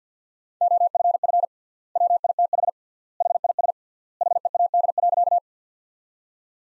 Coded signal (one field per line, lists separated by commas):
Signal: Morse code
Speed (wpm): 50 wpm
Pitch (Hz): 700 Hz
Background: none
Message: OFF WITH HIS HEAD.